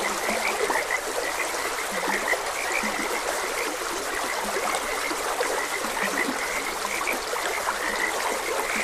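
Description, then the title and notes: Frog croaks, some deeper and some higher, repeat irregularly throughout against a constant babble of running stream water. Several frogs croaking beside a gentle stream, as ambient nature sound. "Gentle Stream and Frogs Croaking. Sleep and Relaxation Podcast"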